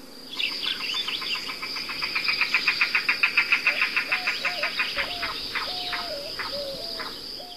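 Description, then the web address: Yellow-billed cuckoo song, a long rapid series of wooden knocking notes that loosens, followed by several low slurred notes, with a steady high tone throughout. "Songs of Birds of North America Stokes. Yellow-billed Cuckoo"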